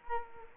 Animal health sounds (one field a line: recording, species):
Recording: mosquito wingbeat signal from an infrared sensor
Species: Culex quinquefasciatus